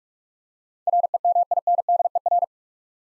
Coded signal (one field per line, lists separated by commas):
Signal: Morse code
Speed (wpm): 41 wpm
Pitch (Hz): 700 Hz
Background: none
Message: REMINDER